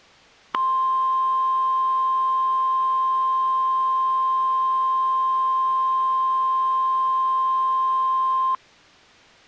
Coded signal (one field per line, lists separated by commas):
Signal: Emergency Alert System (SAME) tones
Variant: 1050 Hz attention tone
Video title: EAS - Ozymandias